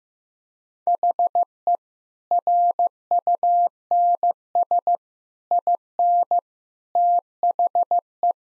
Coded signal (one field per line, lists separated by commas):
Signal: Morse code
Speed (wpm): 15 wpm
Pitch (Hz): 700 Hz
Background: none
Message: HE RUNS IN THE